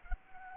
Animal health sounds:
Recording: mosquito wingbeat signal from an infrared sensor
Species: Anopheles gambiae

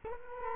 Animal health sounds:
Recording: mosquito wingbeat signal from an infrared sensor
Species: Culex quinquefasciatus

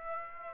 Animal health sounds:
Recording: mosquito wingbeat signal from an infrared sensor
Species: Aedes aegypti

